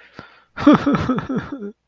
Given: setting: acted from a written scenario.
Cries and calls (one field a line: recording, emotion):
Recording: vocal sound without words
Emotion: elation